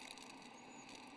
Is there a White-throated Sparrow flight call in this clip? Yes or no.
no